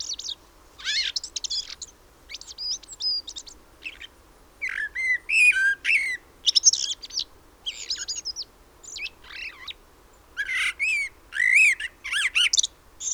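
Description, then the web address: Common blackbird calls: high, scratchy twitters and thin whistles in irregular clusters, with short silent gaps between bursts. "SETE Turdus merula"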